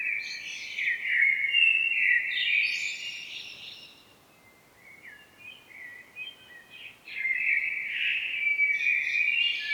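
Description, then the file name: Common blackbird song, melodious warbling phrases with high chattering tails, a gap in the middle, then louder phrases resume. "Turdus merula"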